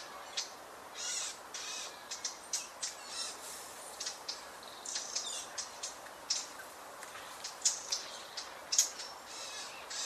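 Eurasian blackcap with short, clicking tack calls, uneven runs of dry ticks, some closer together, against a constant background hiss.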